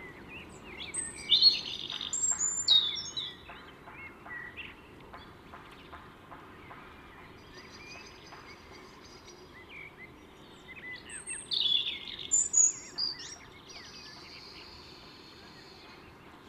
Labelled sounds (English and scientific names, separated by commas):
European Robin (Erithacus rubecula) song